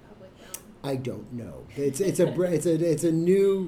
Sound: both laugh

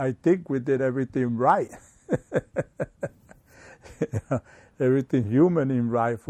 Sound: laughs

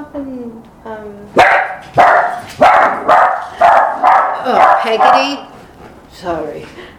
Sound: dog barking

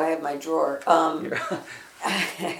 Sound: laughs

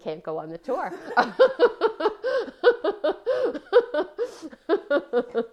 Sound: laughing

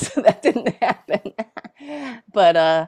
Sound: laughs

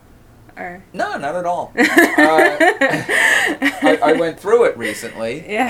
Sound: laughter

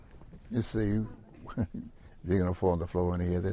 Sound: laughs

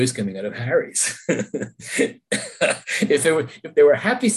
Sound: laughs

